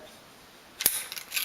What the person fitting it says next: okay it clicks back into the notch